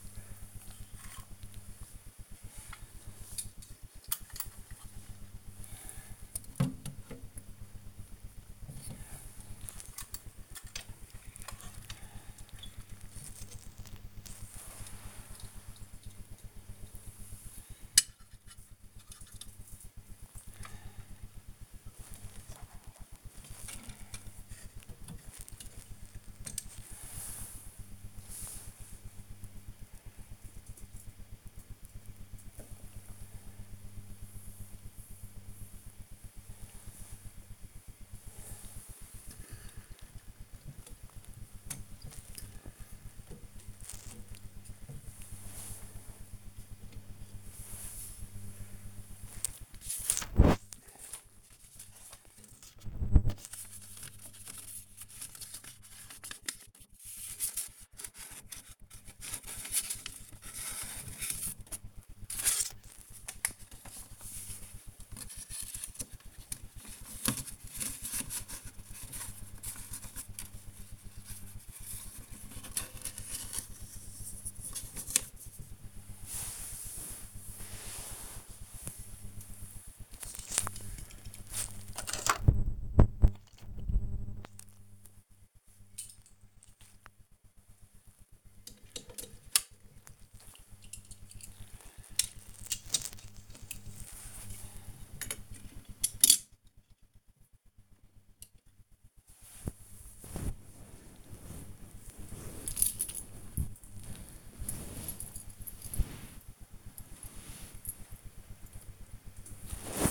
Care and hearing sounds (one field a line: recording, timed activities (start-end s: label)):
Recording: household activities, microphone on the right wrist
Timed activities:
0.00-28.23 s: dusting model cars
36.28-106.82 s: dusting model cars